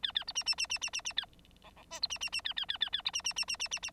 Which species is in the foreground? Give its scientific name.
Lonchura striata domestica